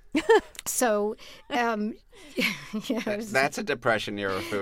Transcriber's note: laughter; laughter